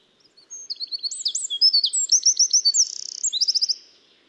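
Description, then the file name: Eurasian wren song: a loud, rapid, high-pitched outpouring of sharp notes and trills lasting over three seconds, with a fast rattling trill midway and no other sounds. "Troglodytes troglodytes"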